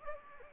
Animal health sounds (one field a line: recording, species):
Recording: mosquito wingbeat signal from an infrared sensor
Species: Anopheles gambiae